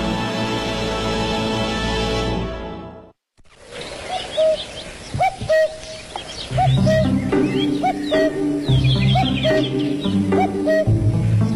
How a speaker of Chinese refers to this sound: 大家好，听见我的叫声了吗？布谷布谷，所以呢，我的名字又叫布谷鸟。